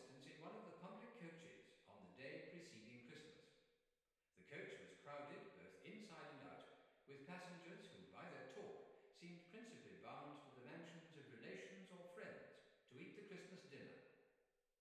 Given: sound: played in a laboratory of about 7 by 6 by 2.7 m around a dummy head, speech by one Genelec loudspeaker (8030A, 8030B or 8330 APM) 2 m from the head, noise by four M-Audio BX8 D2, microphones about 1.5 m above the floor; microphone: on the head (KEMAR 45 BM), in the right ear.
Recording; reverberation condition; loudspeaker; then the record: male speech in English; high; 30 degrees to the left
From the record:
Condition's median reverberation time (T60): about 1300 ms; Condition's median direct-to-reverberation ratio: about -4.0 dB